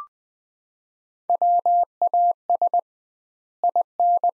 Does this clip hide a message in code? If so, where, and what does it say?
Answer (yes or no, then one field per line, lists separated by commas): yes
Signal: Morse code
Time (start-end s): 1.3-4.3 s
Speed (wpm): 20 wpm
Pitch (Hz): 700 Hz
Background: none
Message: WAS IN